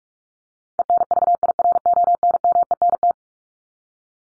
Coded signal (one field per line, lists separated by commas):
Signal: Morse code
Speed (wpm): 44 wpm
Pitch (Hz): 700 Hz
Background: none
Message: ENVIRONMENT